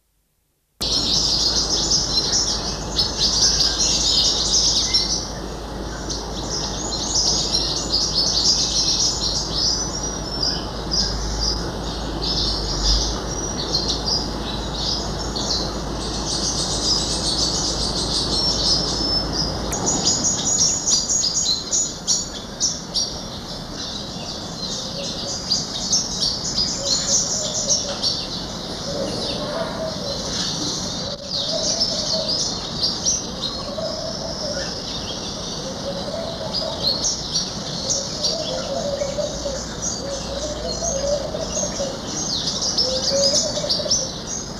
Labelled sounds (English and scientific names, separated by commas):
Long-tailed Paradise Whydah (Vidua paradisaea) call